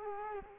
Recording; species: mosquito wingbeat signal from an infrared sensor; Culex quinquefasciatus